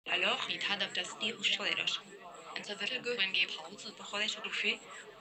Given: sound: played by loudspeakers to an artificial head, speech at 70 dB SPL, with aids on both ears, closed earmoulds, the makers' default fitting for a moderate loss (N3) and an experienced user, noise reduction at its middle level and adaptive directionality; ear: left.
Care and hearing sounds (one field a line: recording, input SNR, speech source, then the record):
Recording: speech test signal (ISTS) in cocktail-party noise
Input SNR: +3 dB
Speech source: in front (0 degrees)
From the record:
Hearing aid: class 1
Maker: I